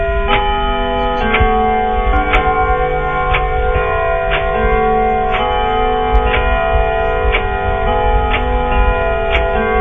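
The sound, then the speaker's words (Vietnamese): A clock in a house chimes once at half past eleven, its bright ringing tone lingering and slowly fading, while steady ticking beats about once a second throughout. No voices. “Đồng hồ trên nhà lại gõ thêm một tiếng.”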